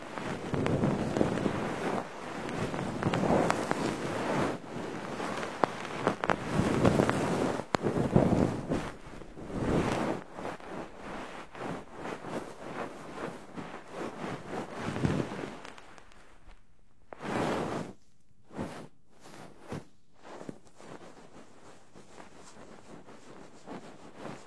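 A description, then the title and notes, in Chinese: Deep cleaning with a goose-feather stick: dense, continuous rustling and swishing strokes fill the first fifteen seconds, surging and easing in quick waves. Then it thins out to a few separate, sharp brushing bursts around seventeen to nineteen seconds, with quiet gaps between. 鹅毛棒的深度清洁！酥酥麻麻。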